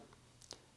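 The clip-on 60-lumen rear LED light module on a LOOK Keo 2 Max Vision clipless road pedal is released: its release tab is pressed down at the front, the light is rotated, then pulled up off the pedal's rear clip. Two short clicks are heard at 0.4 s and 0.5 s as the plastic latch lets go, and the light comes off, removed.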